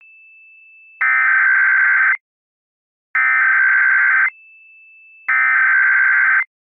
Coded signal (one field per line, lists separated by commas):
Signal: Emergency Alert System (SAME) tones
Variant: header bursts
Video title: EAS Scenario #6 The Red Flash (Remastered) in collaboration with @HiatusUntilDecember1st